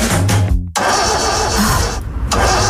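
A car engine strains to start: a whirring, sputtering crank cuts out abruptly, then catches into a loud, rough rumble that falters once more before running on.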